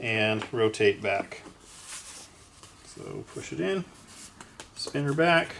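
Someone talks while the main landing gear leg of an H-King Viper 64 (6S) EDF jet from HobbyKing is pushed down into its plastic wing gear mount and rotated back, with faint rubbing and handling noises between the words. Nothing has seated or clicked yet; the clip ends just before the gear goes home.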